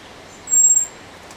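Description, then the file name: Common blackbird uttering a single thin, very high, steady whistled note lasting about a third of a second over soft hiss. "Turdus merula"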